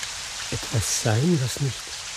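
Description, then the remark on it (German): Steady rain hisses evenly throughout, a soft constant wash beneath a voice speaking slowly in short, drawn-out phrases. “Etwas sein, was nicht die Last des Regens fühlt.”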